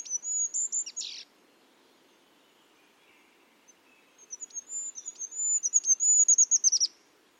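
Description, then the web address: Bird singing a brief high phrase that ends in a downward slur, then, after a quiet gap, a fast high-pitched trill of clipped notes closing with steep falling notes. "cianscape. Deverinetal 2025. Bird Only"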